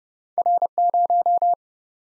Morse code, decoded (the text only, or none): R0